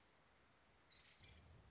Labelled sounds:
Nuttall's Woodpecker
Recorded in Sonoma County, California

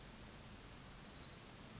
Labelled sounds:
Orange-crowned Warbler
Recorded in Sonoma County, California

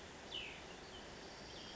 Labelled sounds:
Cassin's Vireo
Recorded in Sonoma County, California

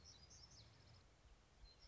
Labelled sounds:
Black-throated Gray Warbler
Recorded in Sonoma County, California

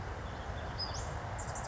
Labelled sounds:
Western Flycatcher
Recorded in Sonoma County, California

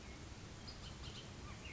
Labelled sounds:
Bullock's Oriole
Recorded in Sonoma County, California

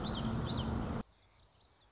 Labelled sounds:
Common Yellowthroat
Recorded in Sonoma County, California

